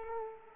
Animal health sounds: mosquito wingbeat signal from an infrared sensor; Culex pipiens

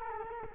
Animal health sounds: mosquito wingbeat signal from an infrared sensor; Culex quinquefasciatus

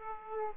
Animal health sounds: mosquito wingbeat signal from an infrared sensor; Aedes aegypti

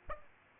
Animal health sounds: mosquito wingbeat signal from an infrared sensor; Aedes aegypti

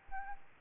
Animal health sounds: mosquito wingbeat signal from an infrared sensor; Aedes albopictus

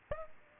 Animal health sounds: mosquito wingbeat signal from an infrared sensor; Aedes aegypti

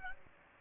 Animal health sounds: mosquito wingbeat signal from an infrared sensor; Aedes aegypti

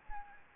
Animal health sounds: mosquito wingbeat signal from an infrared sensor; Anopheles gambiae

